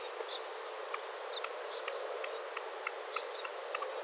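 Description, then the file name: Grey partridge calls: short, high, scratchy two-part notes repeated several times, with faint ticking sounds between them over a steady background hiss. "Perdiz Moruna"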